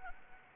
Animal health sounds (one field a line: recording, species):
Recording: mosquito wingbeat signal from an infrared sensor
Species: Anopheles arabiensis